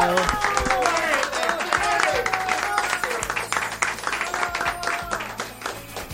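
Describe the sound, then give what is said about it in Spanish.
A studio crowd bursts into sustained applause welcoming FM La Riachuelo on the radio show Que Sea Rock, dense rapid clapping throughout, with voices and whoops mixed in over the hands, loud and steady for about six seconds. “Bloque de Que Sea Rock, ya estamos instalados acá con los chicos de …, así que le damos la bienvenida a La Riachuelo con el aplauso.”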